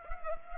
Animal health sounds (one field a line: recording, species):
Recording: mosquito wingbeat signal from an infrared sensor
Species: Culex pipiens